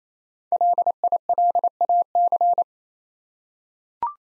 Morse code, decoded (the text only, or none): LILAC